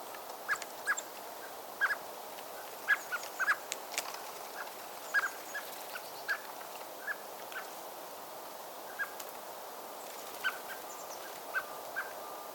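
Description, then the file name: Common blackbird giving many short, sharp chuck-like call notes, repeated irregularly over steady background hiss. "Turdus merula"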